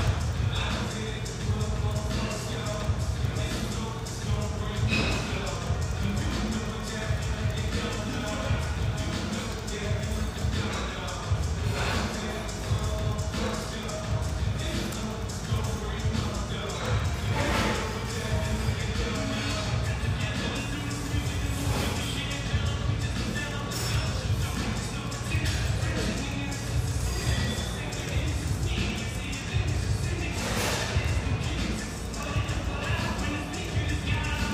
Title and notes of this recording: Sellwood, Portland, Oregon. Family-oriented, high-ceilinged java joint near Portland's Willamette riverfront